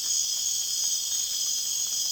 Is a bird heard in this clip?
no